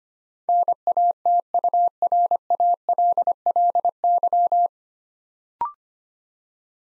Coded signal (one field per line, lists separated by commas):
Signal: Morse code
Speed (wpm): 25 wpm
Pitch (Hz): 700 Hz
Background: none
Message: NATURALLY